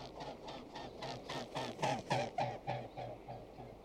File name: Mute swan